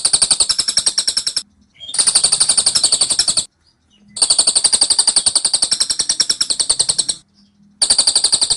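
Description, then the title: Scaly-crowned honeyeater: fast, insistent strings of high, piercing notes in bursts of varying length, separated by short pauses. Dense, insistent, long-duration "tembakan" (rapid-fire) song of an actively singing bird, used as training audio for Oriental magpie-robins. "Tembakan Cililin Rapat Ngotot Durasi Panjang Suara Cililin Gacor Untuk Masteran Murai Batu"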